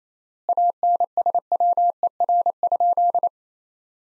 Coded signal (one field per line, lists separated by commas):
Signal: Morse code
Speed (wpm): 28 wpm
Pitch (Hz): 700 Hz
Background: none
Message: ANSWER?